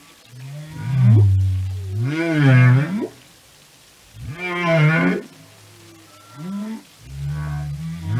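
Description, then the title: Whale song with low, rich moaning units that swoop up and down, in several phrases separated by short pauses, some rising into upsweeps. Whale songs and communication. "Whale Behavior"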